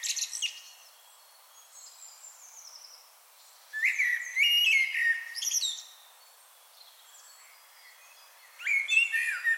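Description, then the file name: Common blackbird song: a few whistled phrases with high, squeaky twittering, separated by pauses. "Turdus merula"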